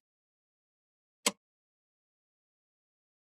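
A second plastic ink cartridge is pushed into its carriage slot in an HP Deskjet 3050 All-in-One inkjet printer. A single sharp, broadband snap at 1.3 s marks it seating in place, and the rest of the clip is near silence.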